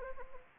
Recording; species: mosquito wingbeat signal from an infrared sensor; Anopheles arabiensis